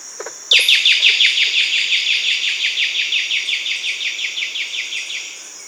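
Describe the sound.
Bird trill: a long run of quick, downslurred notes, slowly fading, over a steady high insect hum.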